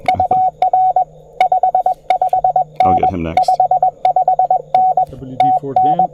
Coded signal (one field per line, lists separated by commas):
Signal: Morse code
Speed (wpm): 21 wpm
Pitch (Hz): 740 Hz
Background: speech, radio noise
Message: UR 55N 55N TN